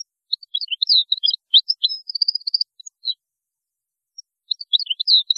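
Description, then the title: European goldfinch song, quick tinkling twitters and liquid notes in a rapid jumble, a short pause, then another burst of twittering. "Chant Chardonneret"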